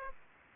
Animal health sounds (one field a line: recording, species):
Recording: mosquito wingbeat signal from an infrared sensor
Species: Aedes aegypti